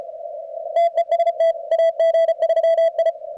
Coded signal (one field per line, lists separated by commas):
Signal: Morse code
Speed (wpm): 33 wpm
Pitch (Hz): 620 Hz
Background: radio noise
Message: TEST AG3I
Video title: cwops cwt 0300 session 130-111